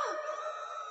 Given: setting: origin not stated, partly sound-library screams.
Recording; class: one-second piece from a danger detection set; woman in danger